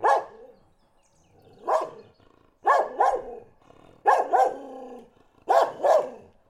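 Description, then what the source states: Dog barks, a single bark and then sharp pairs of barks with short quiet gaps between. Dog barking in Listvyanka.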